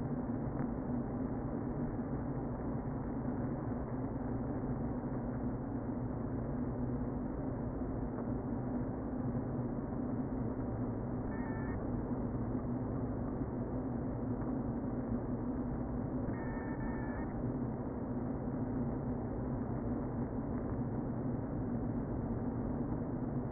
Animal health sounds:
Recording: honeybee colony, microphone inside the hive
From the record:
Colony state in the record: queen present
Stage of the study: before two queens were removed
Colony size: about 60,000 bees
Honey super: yes

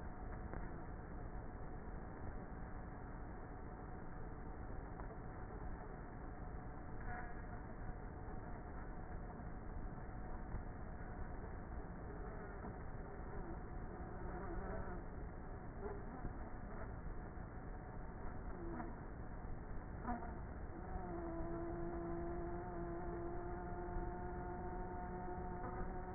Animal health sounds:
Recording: honeybee colony, microphone inside the hive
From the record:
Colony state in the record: queenless with a low population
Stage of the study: before two queens were removed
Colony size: about 30,000 bees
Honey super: no

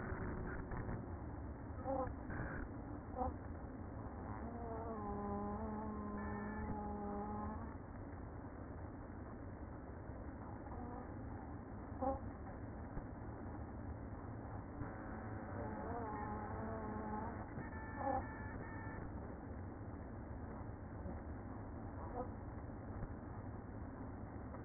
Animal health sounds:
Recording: honeybee colony, microphone inside the hive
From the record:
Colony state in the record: queen present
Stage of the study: after two queens were removed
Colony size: about 60,000 bees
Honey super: yes

